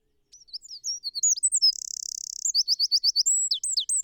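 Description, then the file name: Eurasian wren singing loudly, with rapid high chirps leading into a long even rattling trill, then a quick series of bright repeated notes. "Troglodytes troglodytes"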